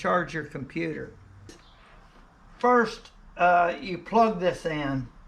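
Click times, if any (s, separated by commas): none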